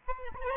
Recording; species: mosquito wingbeat signal from an infrared sensor; Aedes albopictus